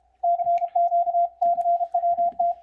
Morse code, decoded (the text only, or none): CQ CWT